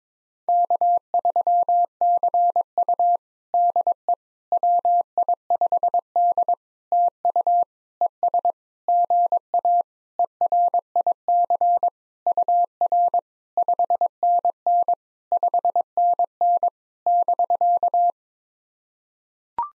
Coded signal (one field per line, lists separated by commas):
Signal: Morse code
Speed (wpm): 22 wpm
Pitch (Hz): 700 Hz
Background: none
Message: K3CU DE WI5D TU ES GA ERIC UR 5NN 5NN <BK>